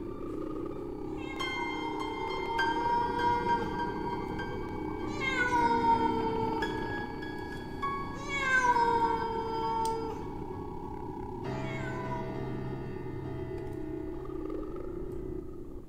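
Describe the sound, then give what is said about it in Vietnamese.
A cat yowls mournfully somewhere outside in a series of long, drawn-out wails, each rising and bending in pitch, with short pauses between cries over a low steady background hum. “Đâu đó ở bên ngoài kia có tiếng con mèo kêu lên những tiếng ai oán đến xót cả ruột, não nề, làm cho bà Yến cứ rùng mình thon thót.”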